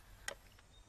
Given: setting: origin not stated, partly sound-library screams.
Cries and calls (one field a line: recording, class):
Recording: one-second piece from a danger detection set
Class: normal situation